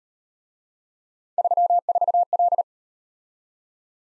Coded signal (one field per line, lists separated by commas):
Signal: Morse code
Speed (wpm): 38 wpm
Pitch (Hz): 700 Hz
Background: none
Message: 34L